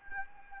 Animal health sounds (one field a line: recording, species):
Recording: mosquito wingbeat signal from an infrared sensor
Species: Anopheles gambiae